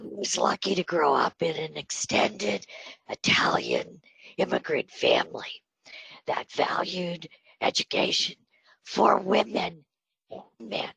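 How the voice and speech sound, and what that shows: An adult woman speaks fluently but with a rough, breathy, creaky voice and frequent pauses, consistent with spasmodic dysphonia treated with Botox, a treatment that gives her voice its breathy quality.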